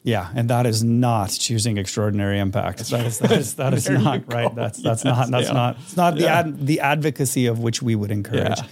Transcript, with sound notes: Yeah, and that is not choosing extraordinary impact.
That is, that is, that is not. [laughs]
Right? That’s, that’s not that’s not, it’s not the ad-… the advocacy of which we would encourage.